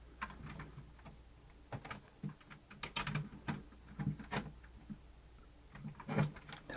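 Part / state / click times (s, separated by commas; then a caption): power supply cable connector into scanner board socket / not seated / none. A power supply cable connector is pushed into its socket on the board inside a Nikon Coolscan IV ED film scanner, making a string of soft taps and plastic handling clacks, with a brief burst of sharper knocks near 2.8–3.2 seconds and a last sharp tick at the very end. The connector does not click into place, so nothing has seated or clicked yet.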